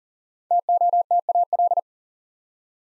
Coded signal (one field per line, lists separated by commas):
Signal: Morse code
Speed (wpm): 39 wpm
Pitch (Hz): 700 Hz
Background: none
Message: TOTAL